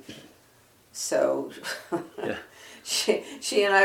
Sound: laughs

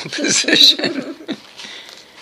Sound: laughs

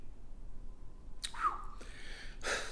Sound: whistles

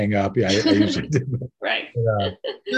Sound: laughs

